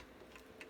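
A Heineken beer keg (torp) is pushed into place in a home draught beer dispenser. A faint tick comes at 0.4 s, then a short, sharper click at 0.6 s over a quiet background hiss. The keg is seated.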